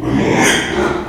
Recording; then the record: squeal of a Yucatan mini pig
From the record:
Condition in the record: after surgery on the right vocal fold (resection and tissue-engineered implant); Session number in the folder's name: 3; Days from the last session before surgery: 33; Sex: male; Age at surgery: 12 weeks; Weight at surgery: 13 kg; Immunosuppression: cyclosporine, prednisolone